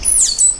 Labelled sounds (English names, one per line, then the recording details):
Stitchbird song
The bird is a male
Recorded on Tiritiri Matangi Island, New Zealand, in 2005
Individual 3, of nest box 3